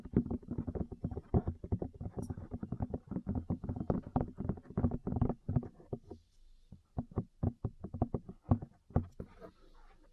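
Rapid tapping and patting on skin during a massage, a dense run of soft, low thuds packed closely together for the first six seconds. After that the strikes come more sparsely and unevenly, with faint brushing and rustling in between.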